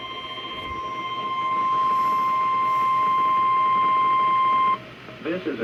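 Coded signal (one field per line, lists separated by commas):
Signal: Emergency Alert System (SAME) tones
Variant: 1050 Hz attention tone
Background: speech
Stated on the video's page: Required weekly test from NOAA weather radio transmitters at Akron, Mansfield and Grafton, Ohio.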